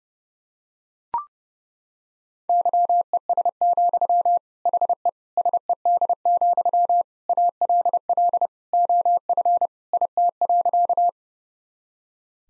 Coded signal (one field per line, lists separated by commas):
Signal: Morse code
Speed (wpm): 32 wpm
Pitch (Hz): 700 Hz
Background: none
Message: YES, HE SED, ALL OF IT.